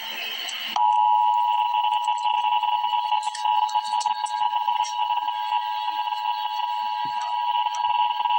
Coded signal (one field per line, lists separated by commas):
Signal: Emergency Alert System (SAME) tones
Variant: 853 and 960 Hz attention tone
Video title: Emergency Alert System - Severe Thunderstorm Warning - This afternoon on Mar 31, 2026